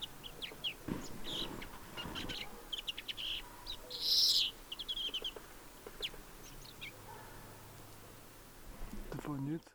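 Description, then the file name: European greenfinch calls with a loud buzzy wheeze near the middle, amid many short high chirps and twitters. "Chloris chloris"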